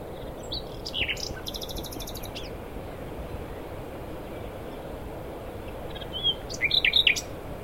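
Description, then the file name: Common nightingale giving a buzzy rapid trill, then later a bright cluster of sharp whistled notes, partly masked by steady low rumbling noise. "Luscinia megarhynchos"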